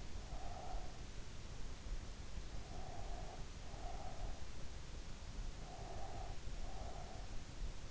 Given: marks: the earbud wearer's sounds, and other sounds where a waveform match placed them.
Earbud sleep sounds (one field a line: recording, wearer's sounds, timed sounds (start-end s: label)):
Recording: sounds in sleep by an in-ear microphone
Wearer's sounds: breath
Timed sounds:
0.00-1.06 s: breath
2.58-4.47 s: breath
5.61-7.34 s: breath